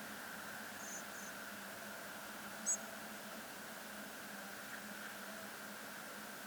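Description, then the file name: European robin calls: faint high thin notes early on, then two sharper, very high call notes, the last cut off at the end, against constant low hum and hiss. "Erithacus rubecula"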